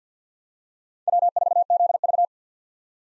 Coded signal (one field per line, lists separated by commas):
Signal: Morse code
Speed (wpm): 50 wpm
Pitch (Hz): 700 Hz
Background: none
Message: W4ZV